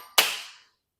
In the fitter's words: travadinho bonitinho Vamos para o próximo passo